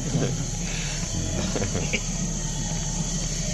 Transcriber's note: laughter